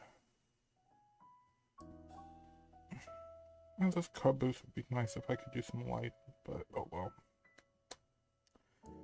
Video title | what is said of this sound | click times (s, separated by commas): Train-A-Thon 2026 (Part Three) | And it snapped in place. | 7.9 s